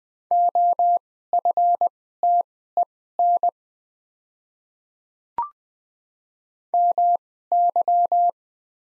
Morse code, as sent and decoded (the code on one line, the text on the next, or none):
--- ..-. - . -. / -- -.--
OFTEN MY